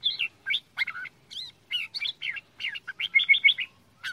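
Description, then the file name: Red-whiskered bulbul pouring out a fast jumble of whistled and warbled notes with a few brief trills. Quảng Ngãi, Vietnam; 'che dao' singing style, described as frantic. "tieng chao mao quang ngai che dao giong dien cuong"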